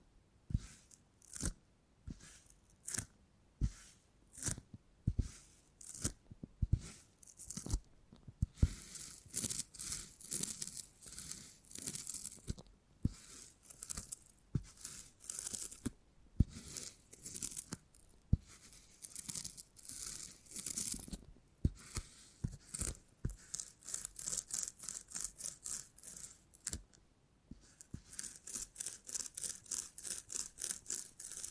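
Beeswax being handled, with sharp sticky crackles and tearing, crinkling bursts. Sparse separate clicks in the first few seconds give way to dense, bright scraping stretches, broken by brief silences near 8, 16 and 27 seconds, ending in fast regular pulses.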